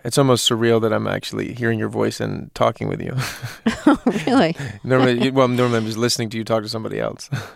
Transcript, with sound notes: It's almost surreal that I'm actually hearing your voice and talking with you.
(LAUGHTER)
Oh, really?
Well, normally I'm just listening to you talk with somebody else.